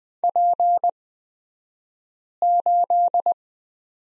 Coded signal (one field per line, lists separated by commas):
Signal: Morse code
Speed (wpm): 20 wpm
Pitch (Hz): 700 Hz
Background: none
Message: P8